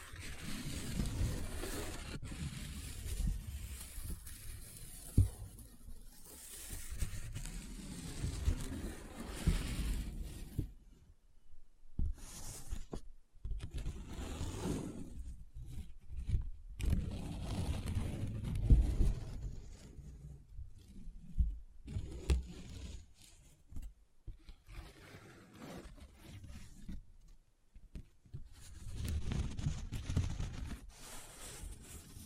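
Paper is handled up close: folded, rubbed, scratched and crinkled in bursts of rustling that start and stop irregularly. Busy stretches of dense scraping alternate with brief silent gaps, notably around 11, 13 and 27 seconds, with occasional sharper crackles cutting through.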